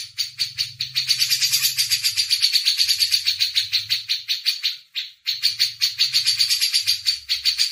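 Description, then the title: Grey-cheeked bulbul producing a dry, buzzy chatter of rapid pulses that runs on and breaks once briefly near the middle, over a faint low hum. Masteran tutor used as training audio. "MASTERAN CUCAK JENGGOT"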